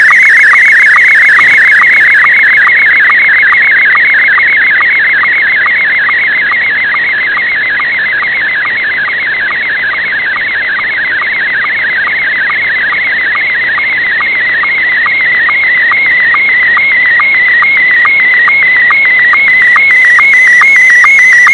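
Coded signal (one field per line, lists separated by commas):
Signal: SSTV (slow-scan television)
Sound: warbling high tone around 2 kHz, with rhythmic short lower sync blips about twice a second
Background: radio static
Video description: SSTV image decoded with MMSSTV (no VAC required).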